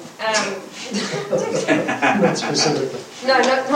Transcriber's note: laughter